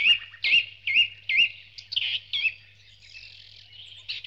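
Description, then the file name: Birds (dawn chorus): a bird gives a run of loud looping whistled phrases about every half second, followed by softer chirps and trills. Dawn chorus, from a sound-effects collection. "Spectacular Sound Effects - Birds Dawn Chorus"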